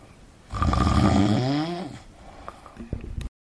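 Snoring from an adult sleeper: one long, loud, buzzing snore, followed by quieter breathing with a few faint clicks.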